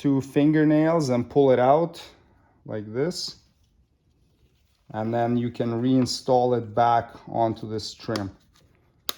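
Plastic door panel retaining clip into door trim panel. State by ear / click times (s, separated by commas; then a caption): seated / 9.1 s. On a 2007-2013 Toyota Tundra front door, a plastic retaining clip that stayed in the door body is squeezed with fingernails, pulled out, and pushed back onto the door trim panel while someone talks. A sharp, loud click at 9.1 s marks the clip seating onto the trim panel.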